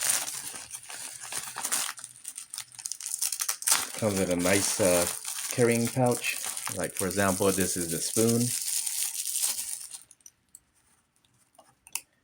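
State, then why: Seated. A foldable stainless steel camping spoon is unfolded from its carrying pouch amid crinkling and rustling while someone talks. A sharp click at 12.0 s marks the small locking clip engaging to hold the handle open, seating it in place.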